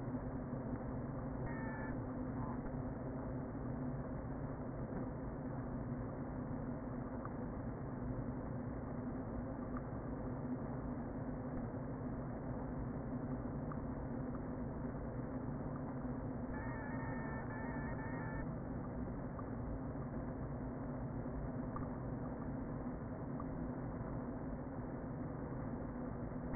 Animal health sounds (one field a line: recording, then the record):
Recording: honeybee colony, microphone inside the hive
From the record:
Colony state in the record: queen present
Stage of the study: before two queens were removed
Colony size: about 60,000 bees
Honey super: yes